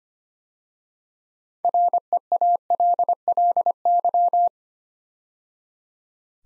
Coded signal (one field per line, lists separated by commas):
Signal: Morse code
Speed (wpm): 25 wpm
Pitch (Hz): 700 Hz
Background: none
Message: REALLY